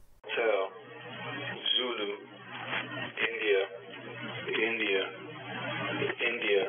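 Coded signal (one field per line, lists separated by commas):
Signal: coded military voice message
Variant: Emergency Action Message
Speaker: take a listen here here's an example of an actual message being transmitted that I picked up at my home location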